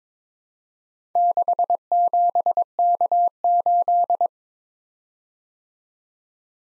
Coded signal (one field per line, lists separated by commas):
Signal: Morse code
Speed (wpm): 22 wpm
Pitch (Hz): 700 Hz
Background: none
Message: 67K8